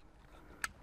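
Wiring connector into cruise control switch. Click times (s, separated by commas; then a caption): 0.6 s. An electrical wiring connector is pushed onto a new cruise control switch. Over a low background hum, a single loud, sharp click sounds at 0.6 seconds as the connector seats.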